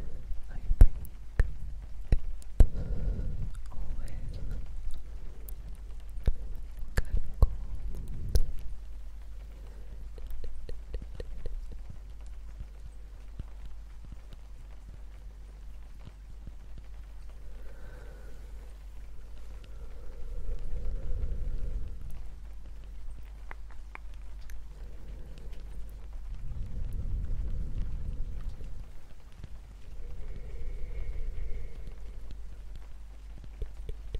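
Soft, irregular tapping runs through the whole recording, with sharp clicks clustered in the first eight seconds and scattered later. Low, breathy whispers swell in around 3, 18, 21, 27 and 31 seconds over a steady deep hum, fading out between phrases.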